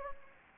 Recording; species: mosquito wingbeat signal from an infrared sensor; Anopheles gambiae